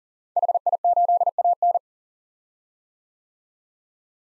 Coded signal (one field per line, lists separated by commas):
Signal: Morse code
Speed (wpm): 40 wpm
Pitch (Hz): 700 Hz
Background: none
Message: HI8AN